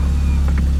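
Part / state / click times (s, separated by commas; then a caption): convertible roof front latch onto the windscreen header / not seated / none. From inside a Porsche Boxster Spyder, the manual soft-top is pulled down by its hook toward the windscreen header frame while the release button is pulled, over a steady low engine hum. Two brief handling knocks come at 0.5 and 0.6 seconds, but the front latch has not seated or clicked yet when the clip ends.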